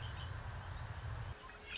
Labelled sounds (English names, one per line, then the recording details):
Red-winged Blackbird
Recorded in Sonoma County, California